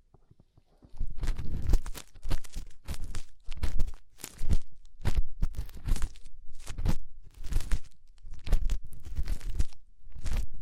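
Fingers cleaning an inner ear make rapid rubbing and crackling bursts after a second of silence, repeating irregularly with deep thumps and bright scratches.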